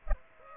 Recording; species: mosquito wingbeat signal from an infrared sensor; Aedes aegypti